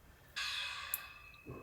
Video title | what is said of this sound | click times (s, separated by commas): Installing Mercedes Sprinter Camper Van Double Swivel Safe Base | you can hear it click into place | 0.9 s